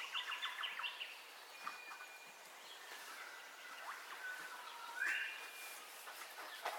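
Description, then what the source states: Birds at dawn: a quick burst of chirps, thin drawn-out whistles, and a loud rising whistled note later on, with steady background hiss. Dawn ambience with bird calls, stereo recording.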